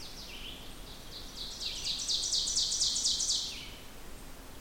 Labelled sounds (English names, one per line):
Ovenbird song